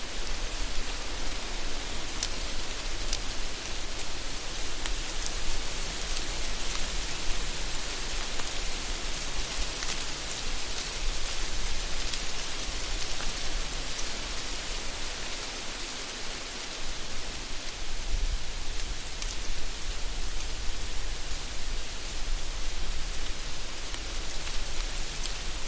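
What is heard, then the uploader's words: Wind rushes steadily through crinkly autumn leaves, a dense bright hiss with faint rustling flickers and a low rumble underneath throughout. Windy Leaves in Fall. Not only do you get windy sounds in the audio, you get crinkly leaves crackling in your ear as well. Windy, crinkly leaves.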